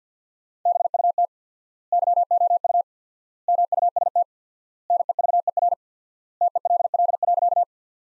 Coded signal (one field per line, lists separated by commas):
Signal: Morse code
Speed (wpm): 51 wpm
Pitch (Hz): 700 Hz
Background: none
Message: BUT YOU MUST NEVER TELL.